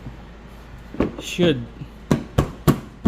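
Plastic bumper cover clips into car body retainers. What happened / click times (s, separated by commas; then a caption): The plastic panel clips snapped into place / 2.1 s, 2.4 s, 2.7 s. A plastic bumper cover on a Chevy Cruze is lined up and pushed onto the car body, and its clips snap into the body retainers with sharp knocks at 2.1, 2.4 and 2.7 seconds. Someone talks briefly before the clips seat, and the cover ends up seated.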